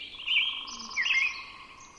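Robin singing two brief warbled, slurred, whistled phrases in quick succession over a faint steady tone.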